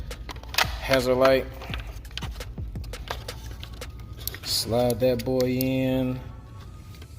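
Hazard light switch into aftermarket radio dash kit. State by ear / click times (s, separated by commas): not seated / none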